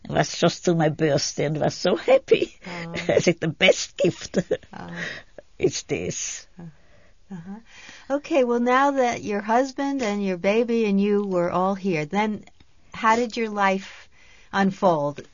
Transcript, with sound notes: It was just on my birthday and I was so happy. (laughs) I had the best gift (laughs) is this.
Okay. Well now that your husband and your baby and you were all here, then how did your life unfold?